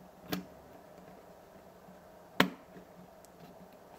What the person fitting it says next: Yeah, it just snaps in place, which is great.